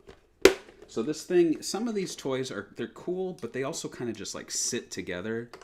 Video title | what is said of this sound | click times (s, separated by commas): Sonic 4 Toy Review - SEGA News Bits Live | so oh I got it all right it's gonna snap in now there we go | 0.5 s